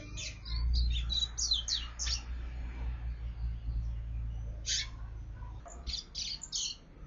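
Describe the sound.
Double-collared seedeater giving quick high chirps and short twittered phrases, partly masked by a loud, steady low droning hum.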